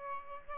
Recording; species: mosquito wingbeat signal from an infrared sensor; Aedes albopictus